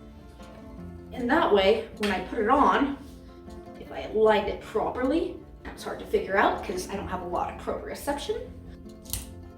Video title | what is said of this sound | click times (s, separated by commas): Below Knee Amputee Suspension Liners | Oh, you hear that click? | 9.1 s